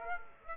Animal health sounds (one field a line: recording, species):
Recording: mosquito wingbeat signal from an infrared sensor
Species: Aedes aegypti